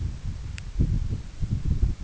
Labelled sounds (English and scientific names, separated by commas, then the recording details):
none
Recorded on Arctic tundra, site EABA-1, on 21 June 2018
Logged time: 02:00